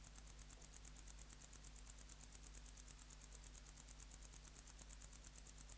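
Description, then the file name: Wart-biter song: a steady, rapid series of sharp, high ticks, with a low hum underneath. "Decticus verrucivorus"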